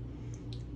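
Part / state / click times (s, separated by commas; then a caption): motor cover onto slide-out motor housing / seated / 0.3 s, 0.5 s. A plastic cover is pressed back onto an RV slide-out motor housing after the hall sensor board has been replaced. Over a steady low hum, two sharp clicks sound at 0.3 s and 0.5 s as the cover snaps back on and seats.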